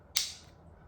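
A plastic wiper adapter on the driver-side blade of an Audi RS5 B9.5/9 has its tabs pushed under and its back end pressed down into the new wiper blade. A single sharp, bright click comes at 0.2 s, then fades to quiet low rumble. The adapter is seated.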